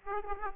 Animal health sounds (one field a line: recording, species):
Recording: mosquito wingbeat signal from an infrared sensor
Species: Aedes aegypti